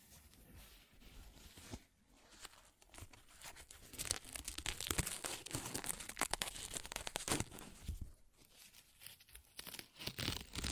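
Paper is ripped and torn in bursts of dense, crackling noise, quieter at first and loudest from about four to eight seconds.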